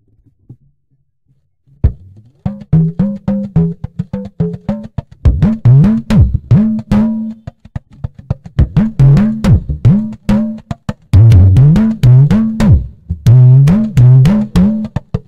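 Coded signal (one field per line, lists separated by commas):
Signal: talking drum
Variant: Yoruba dùndún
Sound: rapid talking-drum strokes with rising and falling pitch in a rolling rhythm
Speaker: the pr means things of such will keep reoccurring so it it should be like a spell when we say death to keep reoccurring one's house so playing it at the barrier ceremony will be very wrong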